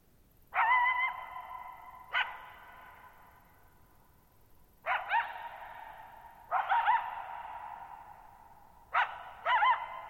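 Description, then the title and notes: Coyote uttering abrupt barks and wavering yips, the calls ringing and decaying slowly between bursts in near silence. Lone coyote at night, July 14, 2019, near Thirtymile Meadows, Okanogan National Forest (Okanogan High Country), Pacific Northwest, 6400 ft; high, mostly dry plateau among tall mountains, shallow bowl-shaped meadow, boggy ground. "Lone Coyote at Thirtymile Meadows. I spent the night of July 14, 2019, camped near Thirtymile Meadows in the Okanogan National Forest at 6400 ft (1950 m)"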